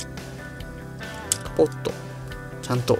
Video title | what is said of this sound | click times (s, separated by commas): (トランスフォーマー) MOVIE THE BEST MB-07 サウンドウェーブ TRANSFORMERS MOVIE THE BEST MB-07 SOUNDWAVE | ボンネットをちゃんとここの溝にはまるまで、ここですね、見えるかな、カポッと | 1.3 s